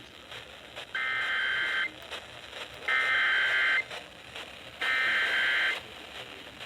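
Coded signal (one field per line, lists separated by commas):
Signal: Emergency Alert System (SAME) tones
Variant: header bursts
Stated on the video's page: Alerts received from NOAA Weather Radio stations and AM and FM broadcast stations.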